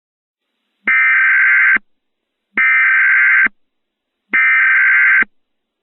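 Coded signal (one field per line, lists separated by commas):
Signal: Emergency Alert System (SAME) tones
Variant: header bursts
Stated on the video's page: Real early-morning EAS alerts for a local area, with valid EAS tones.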